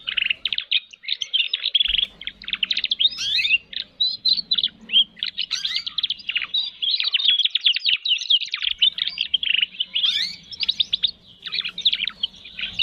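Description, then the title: Atlantic canary pouring out a rich, rapid song of rolling trills, buzzy rattles and clear rising whistles, nearly unbroken throughout, with a low hum in the background. Canary singing vigorously (gacor), with its best song phrasing (cengkok) and a rich fill (isian). "Kenari Gacor Cengkok Terbaik Isian Paling Mewah"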